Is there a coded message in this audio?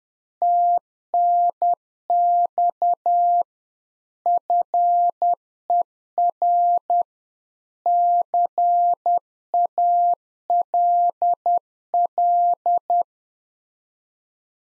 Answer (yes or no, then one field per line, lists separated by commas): yes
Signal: Morse code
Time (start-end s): 0.4-13.0 s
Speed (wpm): 10 wpm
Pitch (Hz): 700 Hz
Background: none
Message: TNX FER CALL